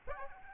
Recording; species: mosquito wingbeat signal from an infrared sensor; Aedes aegypti